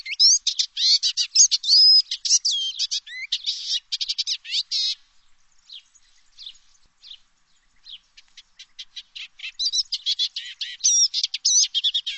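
Bird pouring out fast, high twittering and chirped notes, fading to a softer scattered passage midway before resuming the dense, varied warbling.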